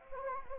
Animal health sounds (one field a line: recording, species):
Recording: mosquito wingbeat signal from an infrared sensor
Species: Anopheles gambiae